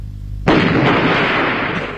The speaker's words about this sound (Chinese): 这日本鬼子的飞机啊，在天上是又是扫射又是扔炸弹，就像那庐山的瀑布，飞流直下3000尺， 是疑是银河落九天。